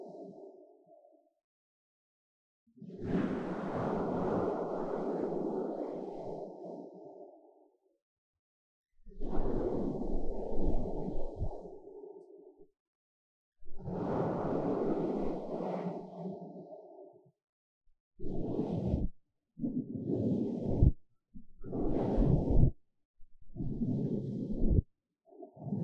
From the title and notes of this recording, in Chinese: 3Dio Foam and Tingly Ear Massage for Stress Relief。耳朵泡沫按摩抒壓。